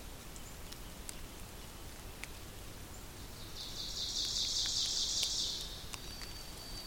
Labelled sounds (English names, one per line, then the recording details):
Ovenbird song
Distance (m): 55 m
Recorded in boreal forest in Alberta, Canada, on 2 June 2016 at 07:35
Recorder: SongMeter 3, array SBT-3-7
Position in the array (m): 196 m, 9 m
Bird 6